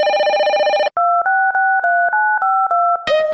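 A short telephone jingle: a bright, buzzy ringing chord, then a quick run of steady two-tone keypad beeps at shifting pitches, ending on another bright burst. No voices.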